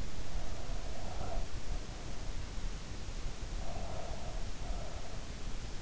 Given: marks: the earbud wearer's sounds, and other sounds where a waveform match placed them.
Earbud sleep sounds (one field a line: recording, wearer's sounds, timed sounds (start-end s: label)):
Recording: sounds in sleep by an in-ear microphone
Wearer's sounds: breath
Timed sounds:
0.15-2.30 s: breath
3.56-5.45 s: breath